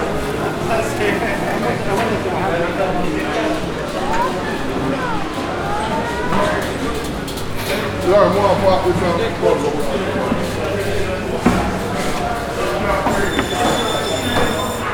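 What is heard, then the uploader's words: A short walk through Brixton, filled with a steady wash of overlapping voices and chatter that never lets up. A low hum runs underneath, with scattered knocks and footstep-like taps. Near the end, a high, bright ringing tone with several layered pitches comes in. From the green wall, we take a short walk through Brixton.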